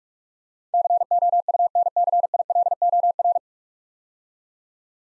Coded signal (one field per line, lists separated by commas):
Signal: Morse code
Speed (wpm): 46 wpm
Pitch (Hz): 700 Hz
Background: none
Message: COUNCILOR